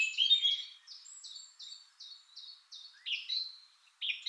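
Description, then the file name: Eurasian blackcap phrase: a squeaky opening, then a series of evenly spaced clear notes, followed by brief rich bursts. "Sylvia atricapilla"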